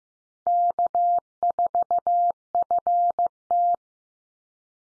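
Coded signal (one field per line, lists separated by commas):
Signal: Morse code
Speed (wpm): 15 wpm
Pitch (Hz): 700 Hz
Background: none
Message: K4FT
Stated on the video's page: Call signs sent at 15 wpm for head-copy practice, each sent in Morse, then spoken, then sent again.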